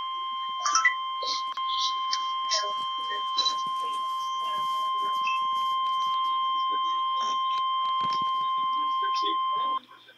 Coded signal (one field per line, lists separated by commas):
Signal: Emergency Alert System (SAME) tones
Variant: 1050 Hz attention tone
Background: speech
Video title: REAL EAS 327-Tornado warning